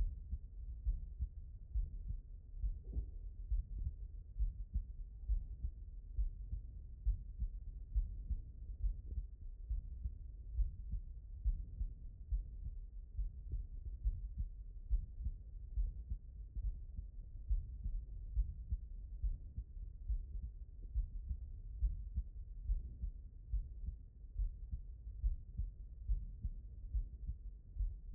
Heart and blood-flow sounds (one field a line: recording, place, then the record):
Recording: heart sounds by stethoscope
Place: aortic valve (AV)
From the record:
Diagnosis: non-HFrEF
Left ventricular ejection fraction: 63%